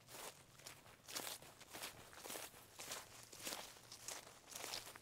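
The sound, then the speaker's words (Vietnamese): Soft shuffling footsteps pace back and forth at night outside by a garden near a starfruit bush, scraping along in a steady, unhurried rhythm, about two steps per second, each a brief gritty swish over a low background hum, with no voices. “Từ cánh cửa sổ bên ngoài vườn, ngay chỗ bụi khế, tôi mơ mơ hồ hồ nghe thấy có tiếng bước chân đi đi lại lại loẹt xoẹt, loẹt xoẹt.”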